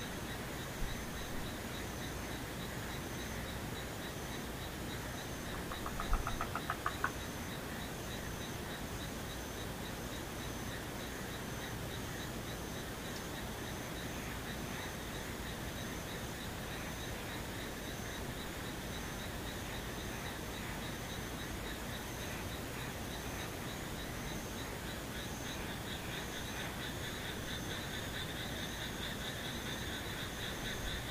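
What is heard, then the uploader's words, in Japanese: A dense, unbroken frog chorus trills steadily at several bright pitches, with a brief burst of croaks around six seconds. カエル。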